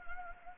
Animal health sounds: mosquito wingbeat signal from an infrared sensor; Anopheles gambiae

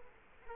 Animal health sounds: mosquito wingbeat signal from an infrared sensor; Culex quinquefasciatus

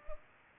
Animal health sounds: mosquito wingbeat signal from an infrared sensor; Culex pipiens

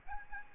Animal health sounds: mosquito wingbeat signal from an infrared sensor; Aedes albopictus

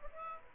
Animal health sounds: mosquito wingbeat signal from an infrared sensor; Aedes aegypti

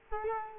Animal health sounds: mosquito wingbeat signal from an infrared sensor; Culex quinquefasciatus

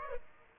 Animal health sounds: mosquito wingbeat signal from an infrared sensor; Aedes aegypti

